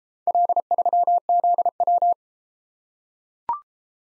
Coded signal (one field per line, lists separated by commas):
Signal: Morse code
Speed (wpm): 31 wpm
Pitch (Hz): 700 Hz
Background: none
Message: L3ZW